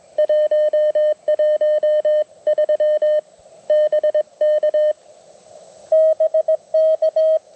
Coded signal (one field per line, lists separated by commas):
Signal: Morse code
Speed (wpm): 21 wpm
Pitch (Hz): 590 Hz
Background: none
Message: 113 BK BK